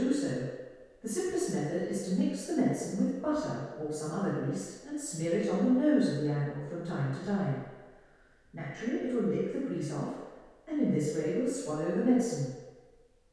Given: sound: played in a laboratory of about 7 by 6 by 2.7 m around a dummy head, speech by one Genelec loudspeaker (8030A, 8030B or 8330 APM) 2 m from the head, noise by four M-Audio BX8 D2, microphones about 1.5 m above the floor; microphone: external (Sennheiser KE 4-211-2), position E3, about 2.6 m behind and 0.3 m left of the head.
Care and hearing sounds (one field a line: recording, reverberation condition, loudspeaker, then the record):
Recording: female speech in English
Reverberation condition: high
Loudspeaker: 90 degrees to the left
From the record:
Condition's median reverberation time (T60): about 1300 ms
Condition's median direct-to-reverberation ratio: about -4.0 dB